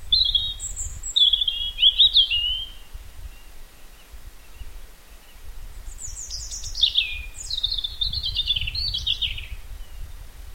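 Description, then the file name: European robin singing short high warbled phrases, a thin sweet phrase early, then a longer sliding, tumbling phrase after a silent gap, over faint low rumble. "Erithacus rubecula"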